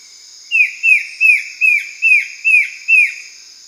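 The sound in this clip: Bird calls, seven clear descending whistled notes in steady rhythm, about two and a half per second, with a constant high-pitched insect drone behind.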